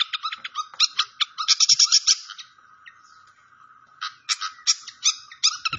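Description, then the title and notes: Malaysian pied fantail song: lively high chirps and trills, a short lull, then more sharp squeaky notes over a continuous soft rushing sound. Masteran (training recording), clear-voiced fantail mixed with trickling water sounds. "Masteran Sikatan Kipas Suara Jernih Dan Suara Gemericik Air. Suara Burung Sikatan Londo"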